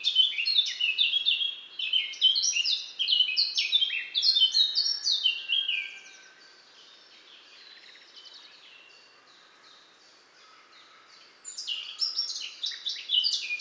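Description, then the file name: Eurasian blackcap song in two bursts of lively warbled phrases, separated by a quiet gap of about five seconds, the second burst rich and loud. "Sylvia atricapilla"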